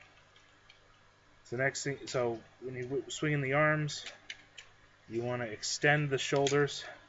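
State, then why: Not seated. Someone talks while handling the plastic shoulder joints of a transforming robot toy, swinging the arms and extending the shoulders upward, with a few faint ticks. The shoulder joints have not yet clicked into their extended position, and nothing has seated.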